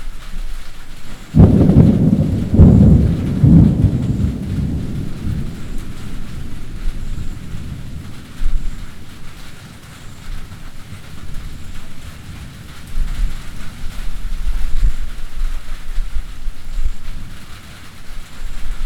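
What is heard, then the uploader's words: A summer thunderstorm with a sharp crack of thunder about a second in, quickly followed by a second crash and a deep rolling rumble that fades over the next few seconds. Steady rain hisses throughout, with low gusty rumbling returning near the end. Recorded one lazy day in August 2020 on a Wadmalaw Island farmstead, captures the sweet sounds and mood of a Lowcountry summer thunderstorm.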